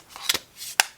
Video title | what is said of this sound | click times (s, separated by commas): Supcase Unicorn Beetle Pro Case for Pixel 6 Pro | and just snaps back on and the cool thing is we do have that um | 0.8 s